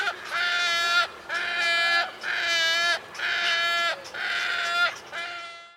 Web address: sound Wood-stork. صدای-لک-لک-جنگلی